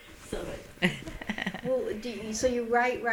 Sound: they laugh

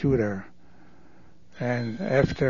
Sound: phone rings

